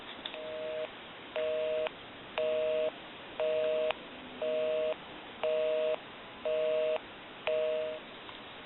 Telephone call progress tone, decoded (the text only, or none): busy tone